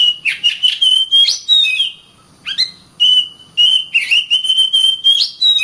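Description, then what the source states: Oriental magpie-robin song of clear whistled notes and quick rising slurs, delivered in lively bursts with one short pause in the middle. Master recording used for training birds.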